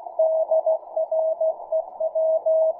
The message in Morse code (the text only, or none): DREW